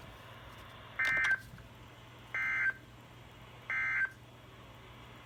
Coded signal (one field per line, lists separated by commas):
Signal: Emergency Alert System (SAME) tones